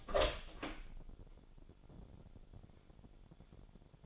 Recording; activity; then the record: daily activity, microphone in the room; open door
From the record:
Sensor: 5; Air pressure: 1007.4 hPa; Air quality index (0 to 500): 162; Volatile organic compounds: 4 ppm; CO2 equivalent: 1558 ppm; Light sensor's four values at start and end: 57/163/63/63 and 57/161/63/63